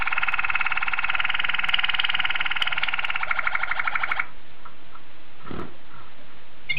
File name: suara kenari waterslager